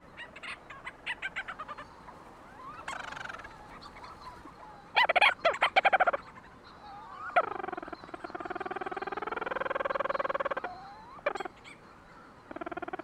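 Leach's storm petrel calling: bursts of rapid staccato clicking and chattering notes, broken by longer drawn-out nasal tones.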